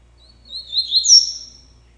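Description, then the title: Double-collared seedeater song phrase: a short, high, sweeping whistled warble, with a faint low hum beneath. "Canto Coleiro"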